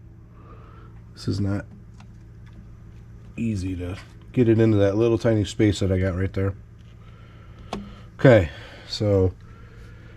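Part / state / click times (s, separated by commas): small part into a tight slot on the camera/gimbal assembly / seated / 7.7 s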